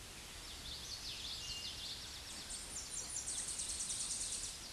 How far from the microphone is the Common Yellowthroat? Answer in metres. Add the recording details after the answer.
about 50 m. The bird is about 5 m above the microphone. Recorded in a Pennsylvania forest on 16 May 2024 at 07:42. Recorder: AudioMoth, point MSD-1307. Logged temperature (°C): 16.6 °C. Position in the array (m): 241 m, 169 m